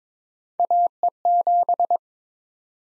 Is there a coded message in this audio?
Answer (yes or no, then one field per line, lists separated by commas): yes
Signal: Morse code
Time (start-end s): 0.6-2.0 s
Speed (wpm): 22 wpm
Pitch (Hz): 700 Hz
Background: none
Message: AE7